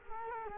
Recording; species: mosquito wingbeat signal from an infrared sensor; Culex quinquefasciatus